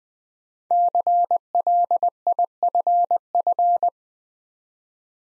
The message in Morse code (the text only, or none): CLIFF